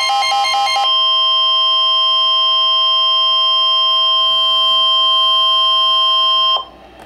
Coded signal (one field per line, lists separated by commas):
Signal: Emergency Alert System (SAME) tones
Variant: 1050 Hz attention tone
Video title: Severe Thunderstorm Warning [EAS #11] 5-29-12